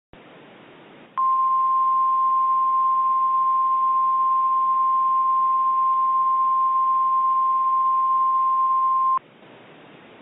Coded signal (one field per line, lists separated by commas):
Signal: Emergency Alert System (SAME) tones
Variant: 1050 Hz attention tone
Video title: EAS Recreation (02/08/24): Statewide Blue Alert (TN)